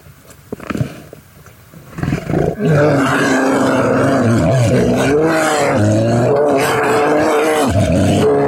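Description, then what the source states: Grizzly bear roars, deep harmonic groaning bellows that waver and hold for several seconds, following a quieter stretch with a few scattered low thuds. Remote field recorder set to record continuously near a road-killed bison carcass moved off the road by park scientists in Yellowstone; bears recorded at the carcass.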